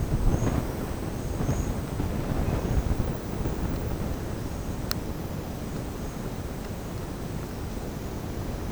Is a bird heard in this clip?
no